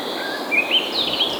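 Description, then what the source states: Bird song with a few quick whistled notes sliding upward and brief chirps, set against soft continuous background noise. Looped sound-effect recording.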